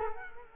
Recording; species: mosquito wingbeat signal from an infrared sensor; Culex quinquefasciatus